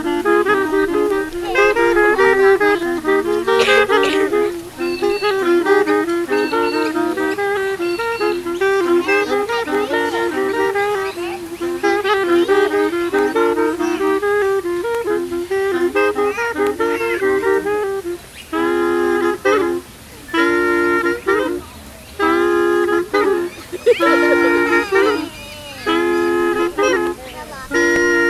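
Music played on bicycle parts, with small clarinets made from seat posts, the handlebar used as a harmonica and air pumps as whistles: wheezy, reedy harmonica-like tones and whistle blasts play a loose, stuttering melody, with honking toots and rhythmic bursts growing choppier toward the end, no voices over it.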